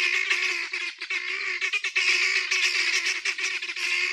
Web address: aswat Dajaj Genia